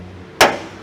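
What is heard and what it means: The smaller passenger-side windshield washer nozzle is pushed into its opening in a new hood panel during a hood swap to a TRD Pro hood on a 2016-2021 Toyota Tacoma. A single sharp, loud snap sounds at 0.4 s over quiet background noise and decays quickly. The nozzle clicks and seats in the hood.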